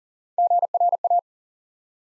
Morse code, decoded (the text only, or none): GRA